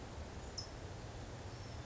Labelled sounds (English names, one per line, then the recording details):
California Towhee
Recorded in Sonoma County, California